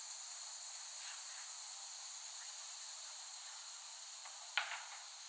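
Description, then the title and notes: Cicadas in a steady, hissing high-pitched drone that holds unbroken throughout, with one sharp click near the end. Cicadas in West Brighton, Staten Island, late summer 2008, by Dan Bodah. "Dronecast No. 021: The Cicadas of Summer. Recording of cicadas made by Dan Bodah in West Brighton, Staten Island, late summer 2008"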